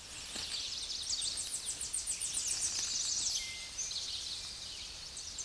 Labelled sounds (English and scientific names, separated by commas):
Tennessee Warbler (Leiothlypis peregrina) song